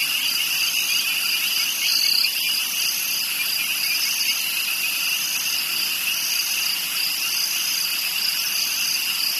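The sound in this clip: Crickets chirping in a dense chorus, several steady high trills layered at different pitches.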